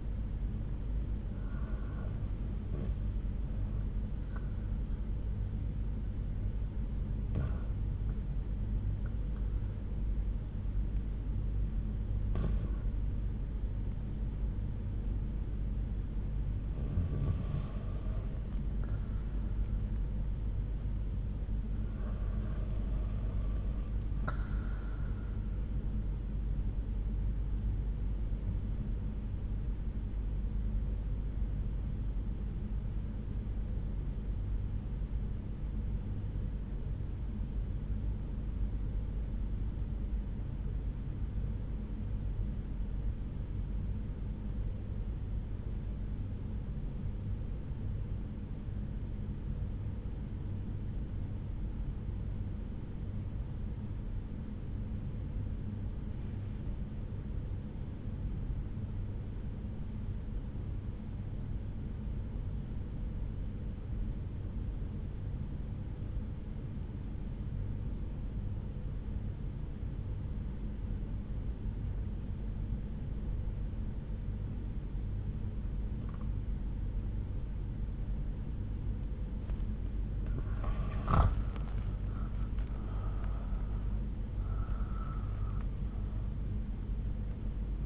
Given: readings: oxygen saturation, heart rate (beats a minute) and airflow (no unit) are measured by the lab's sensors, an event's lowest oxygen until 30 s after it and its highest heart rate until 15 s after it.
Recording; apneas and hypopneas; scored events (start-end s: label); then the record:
breathing in sleep by a smartphone at the bedside; 2
5.00-23.40 s: hypopnea (N2, oxygen 95% highest, then 92% lowest)
26.00-87.86 s: new sleep stage, REM sleep
33.00-78.70 s: obstructive apnea (REM, oxygen 97% highest, then 85% lowest)
From the record:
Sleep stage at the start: N2 (light sleep); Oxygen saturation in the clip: 92 to 97%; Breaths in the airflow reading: 9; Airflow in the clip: -7.2 to 8.2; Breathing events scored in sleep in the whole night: 368 in 8.0 hours asleep